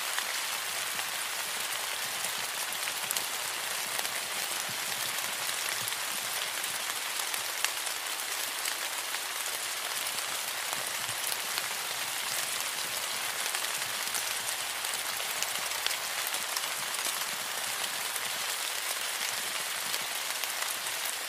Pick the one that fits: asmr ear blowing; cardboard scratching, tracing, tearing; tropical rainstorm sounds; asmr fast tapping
tropical rainstorm sounds